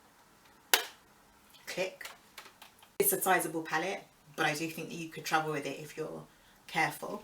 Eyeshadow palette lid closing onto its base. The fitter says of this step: closes with a satisfying click